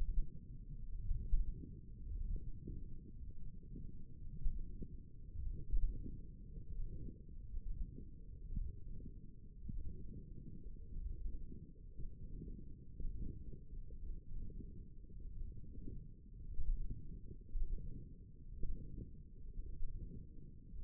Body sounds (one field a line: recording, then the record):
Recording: forearm muscle sounds (acoustic myography)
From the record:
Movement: wrist flexion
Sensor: system 1, eight BSWA MPA416 microphones around the upper forearm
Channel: 1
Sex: female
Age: 21 years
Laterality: right